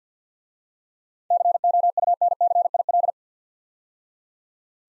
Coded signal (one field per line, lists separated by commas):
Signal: Morse code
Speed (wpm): 52 wpm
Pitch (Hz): 700 Hz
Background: none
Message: COUNCIL